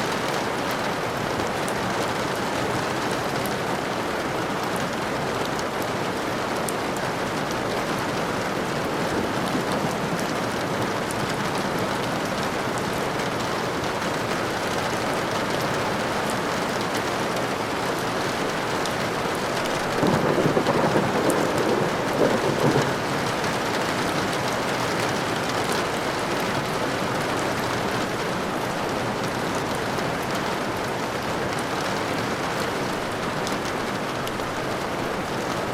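Rain falls steadily against a window, a dense, even hiss of drops that barely changes across the whole stretch. Around twenty seconds in, a brief swell of low rumbling rises for a few seconds, then the patter settles back to its constant level.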